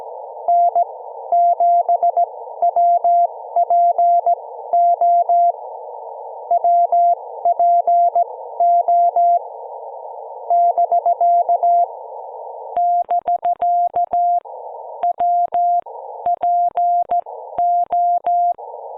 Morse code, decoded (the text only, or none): N7WPO WPO <BK> <BK> WPO